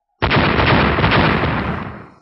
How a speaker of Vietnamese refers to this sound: Ngay khi thân thể hắn chuyển động, cơn lốc xoáy do thiên địa nguyên lực bên ngoài thân thể hắn tạo thành ầm ầm nổ tung, hình thành một lực tấn công không cách nào hình dung được, hướng về bốn phía quét ngang ra.